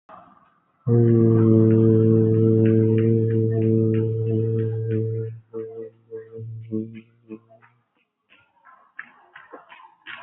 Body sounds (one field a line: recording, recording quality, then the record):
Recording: sustained vowel as in boot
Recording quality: moderate, slight background noise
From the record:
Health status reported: healthy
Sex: male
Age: 25 years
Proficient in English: yes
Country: India